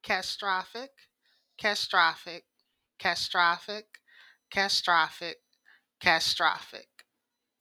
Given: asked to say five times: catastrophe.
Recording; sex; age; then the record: repeated word; female; 30 to 39 years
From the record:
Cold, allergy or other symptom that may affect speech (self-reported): no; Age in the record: 37 years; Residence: Louisiana, United States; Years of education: 13